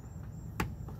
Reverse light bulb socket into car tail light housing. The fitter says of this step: You'll hear a click, and it'll tighten right up.